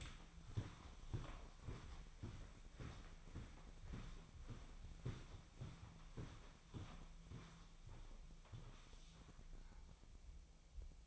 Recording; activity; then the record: daily activity, microphone in the room; walk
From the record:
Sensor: 1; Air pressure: 1009.4 hPa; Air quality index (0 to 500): 186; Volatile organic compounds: 4 ppm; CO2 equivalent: 1573 ppm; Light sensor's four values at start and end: 49/133/54/66 and 50/133/55/66